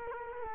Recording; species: mosquito wingbeat signal from an infrared sensor; Culex quinquefasciatus